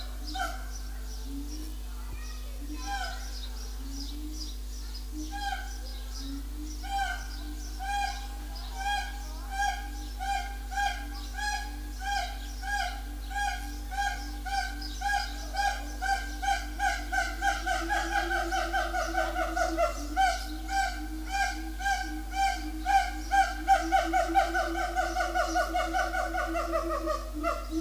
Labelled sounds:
Siamang (Symphalangus syndactylus)
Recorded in captivity
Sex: male
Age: adult
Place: Zoo Berlin, Berlin, DE
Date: 2004-06-07 12:53
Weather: heiter bis wolkig, 23-25°C
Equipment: Sony WM-D6C, Sennheiser ME 80, Kopie Uher 4000 Report Monitor
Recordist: Tembrock, Günter

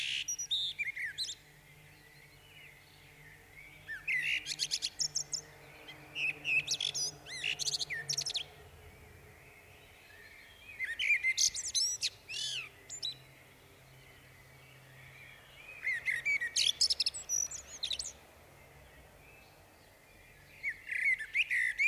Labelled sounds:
Common Blackbird (Turdus merula) song
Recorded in the wild
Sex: male
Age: adult
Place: Bielefeld-Mitte, Nordrhein-Westfalen, DE
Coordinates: 52.0075, 8.54833
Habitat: residential district
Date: 1968-06-30
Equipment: Uher 4000 Report-S, Bändchenmikro Beyer M 260, Parabolspiegel Polyester (470 mm)
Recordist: Conrads, Klaus

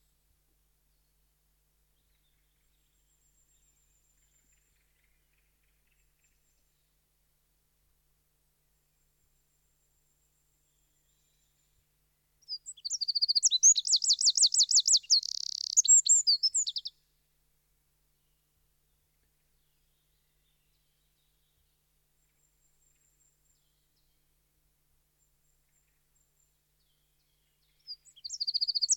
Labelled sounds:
Eurasian Wren (Troglodytes troglodytes) song
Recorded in the wild
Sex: male
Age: adult
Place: Kaiserslautern, Rheinland-Pfalz, DE
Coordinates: 49.4372, 7.80972
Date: 1978-04-01
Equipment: Nagra IV, Sennheiser MKH 405, Parabolreflektor
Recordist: Tretzel, Erwin
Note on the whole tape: Tal zur Denkmalsbuche: Gesang eines Zaunkönigs

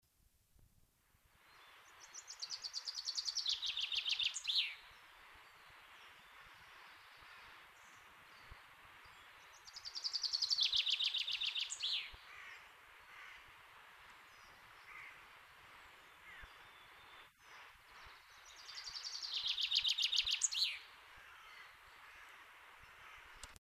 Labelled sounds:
Common Chaffinch (Fringilla coelebs) song, Carrion Crow (Corvus corone)
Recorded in the wild
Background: Corvus corone
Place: Oberstdorf, Bayern, DE
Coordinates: 47.4022, 10.22
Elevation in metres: 1001
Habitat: mountains
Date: 1977-03-25
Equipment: Nagra IV, Sennheiser MKH 405, Parabolreflektor
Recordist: Tretzel, Erwin
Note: Sesselalpe, Oberstdorf: Gesang

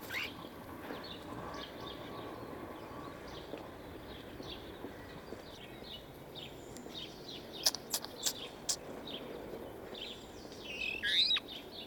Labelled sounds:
European Starling (Sturnus vulgaris)
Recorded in captivity
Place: Bergen, Insel Rügen, Mecklenburg-Vorpommern, DE
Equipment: Nagra III BH, Sennheiser MD 21
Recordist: Schubert, Michael

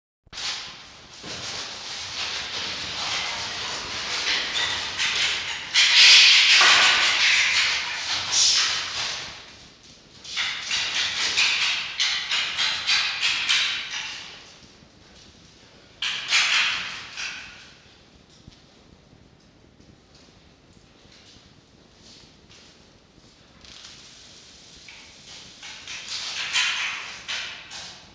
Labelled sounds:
Red Fox (Vulpes vulpes)
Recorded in captivity
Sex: group
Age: adult
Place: Zoologisches Institut der HUB, Berlin, DE
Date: 1952-11-04 13:15
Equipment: Elmetra
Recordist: Tembrock, Günter
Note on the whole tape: Fritz wieder im Fuchszimmer. Jupp greift Fritz an, Drohscharren. Fritz: helles Keckern; Mucki: Angstwinseln

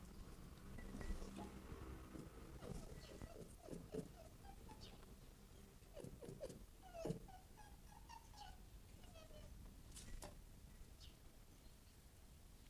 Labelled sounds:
Red Fox (Vulpes vulpes)
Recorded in captivity
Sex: male
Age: adult
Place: Zoologisches Institut der HUB, Berlin, DE
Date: 1959-05-08 11:00
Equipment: 19 cm Vollspur
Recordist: Tembrock, Günter

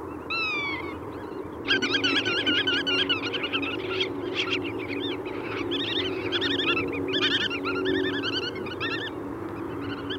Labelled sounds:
Black-tailed Godwit (Limosa limosa) call
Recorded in the wild
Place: Amsterdam, Noord-Holland, NL
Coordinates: 52.368, 4.904
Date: 1990-05-14
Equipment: Nagra III BH, Sennheiser MD 21, parabola
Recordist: Schubert, Michael
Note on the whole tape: Diverse Rufe von sitzender Uferschnepfe, Formen des Warnens

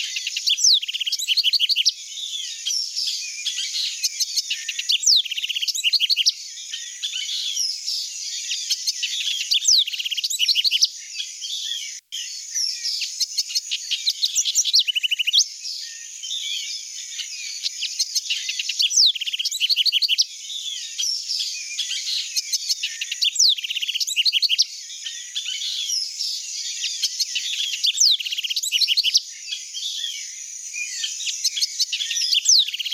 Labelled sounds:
House Wren (Troglodytes aedon) song
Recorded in the wild
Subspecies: musculus
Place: Quepos / Manuel Antonio Nationalpark, CR
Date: 1992-04-21
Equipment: Dat-Recorder Casio DA 7, Telinga DAT, Telinga-Parabolspiegel
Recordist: Schwarz, Dieter
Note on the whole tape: Song

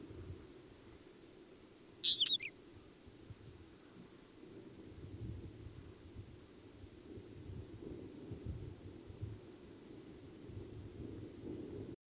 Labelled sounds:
Northern Wheatear (Oenanthe oenanthe) song
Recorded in the wild
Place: Wüste Gobi, MN
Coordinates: 42.795, 105.032
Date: 1979-06-02
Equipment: Nagra III BH, Sennheiser MD 21, parabola
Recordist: Schubert, Michael
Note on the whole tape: Gesang Steinschmätzer

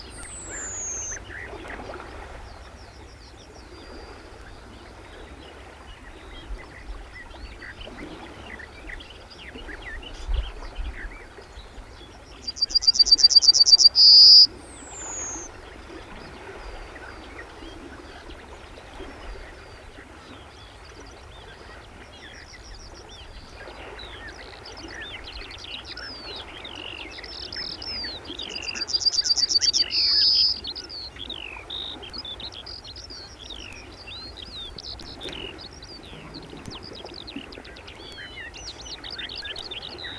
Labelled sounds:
Yellowhammer (Emberiza citrinella) song
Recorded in the wild
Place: Zudar, Insel Rügen, Mecklenburg-Vorpommern, DE
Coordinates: 54.26, 13.35
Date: 1970-05-30
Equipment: Nagra III BH, Sennheiser MD 21
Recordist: Schubert, Michael
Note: Ges. Goldammer

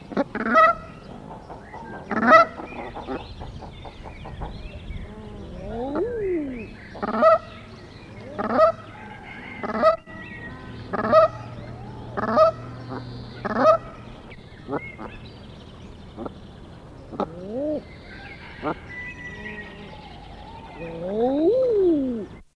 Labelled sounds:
Brent Goose (Branta bernicla) call, Common Eider (Somateria mollissima)
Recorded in captivity
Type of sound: call
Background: Somateria mollissima
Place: Vogelpark Walsrode, Niedersachsen, DE
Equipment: Halbspur, 9,5 cm/s
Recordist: Lütgens, Hans
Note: Rufe

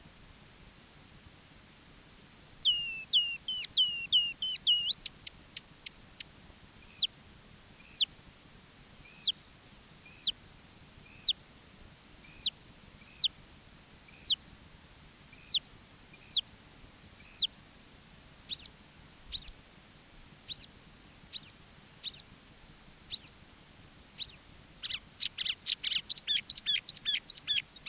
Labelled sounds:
Marsh Warbler (Acrocephalus palustris) song
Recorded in the wild
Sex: male
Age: adult
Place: Wiesenthau, Bayern, DE
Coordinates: 49.7128, 11.1353
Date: 1963-06-05
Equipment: Nagra, Original, Vollspur
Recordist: Tretzel, Erwin

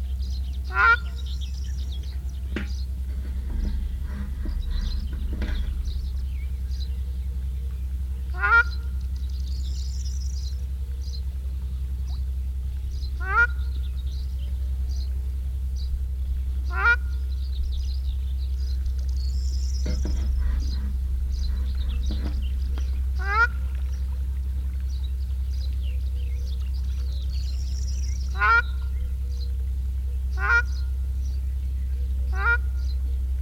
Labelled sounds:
Ruddy Shelduck (Tadorna ferruginea)
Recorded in the wild
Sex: male
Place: Varna, BG
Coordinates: 43.427, 28.162
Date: 1974-06-06
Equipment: Nagra III BH, Sennheiser MD 21, parabola
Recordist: Schubert, Michael

